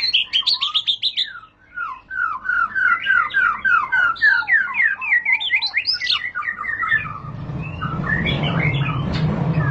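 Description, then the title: White-rumped shama song of varied clear whistles and quick chips, followed in the last seconds by a rushing noise over the singing. Lure (pancingan) of high-class murai batu song, much sought for use as master tutor for caged birds. "Pancingan Murai Batu Berkelas Banyak Di Cari Buat Masteran"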